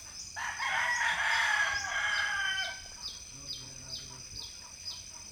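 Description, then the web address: Chicken calling: one long, drawn-out harmonic call lasting about two seconds, then quiet, with steady high chirps repeating in the background. Hens in a quiet village in the Philippines, recorded early in the morning. "Philippines sound library by Faunethic Village quiet chicken hen symphony early the morning"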